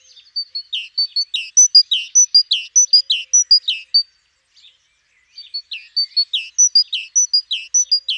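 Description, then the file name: Great tit song, clear ringing two-note phrases repeated quickly for four seconds, a brief silence, then another run of the same phrase. "Parus major"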